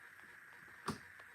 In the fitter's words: there's another click so that's it I'm not going to try to for force it out anymore you can take a look